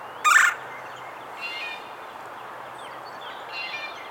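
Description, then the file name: Red-bellied Woodpecker giving one loud, harsh rolled call near the start, followed by two fainter raspy notes against constant background hiss. "Melanerpes carolinus - Red-bellied Woodpecker"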